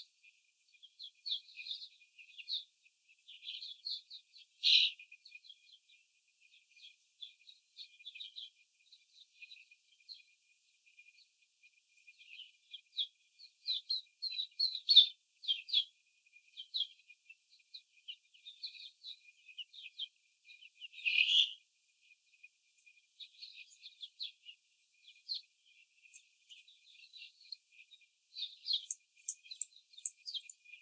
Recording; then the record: young laying hens in a cage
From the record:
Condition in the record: after the stressor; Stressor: simulated dog barking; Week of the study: 4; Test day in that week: 3